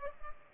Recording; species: mosquito wingbeat signal from an infrared sensor; Culex pipiens